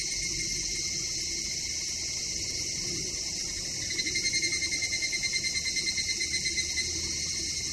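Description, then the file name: Evening cicada song: steady high buzzing, then a pulsed rhythmic phrase from about four seconds that fades away near the end. "higurashi"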